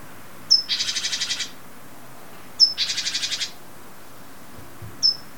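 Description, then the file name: Great tit churring calls: a thin high note leading into a buzzy rattle of about eight pulses, given twice, then a lone thin note near the end. "Parus major"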